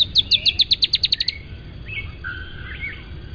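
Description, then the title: Dusky-tailed antbird song, a run of about ten high, clipped notes lasting just over a second, followed by softer whistles and chirps. "LuckyPassaro Completos2Sama. Dusky-tailed Antbird (Drymophila malura)"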